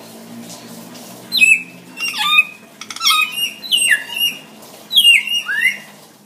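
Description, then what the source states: Hill myna uttering a varied string of harsh squawks and twisting, sliding whistles that jump up and down in pitch, in irregular bursts. Energetic, actively singing bird ("gacor"); recording intended as tutor material (masteran) for training birds.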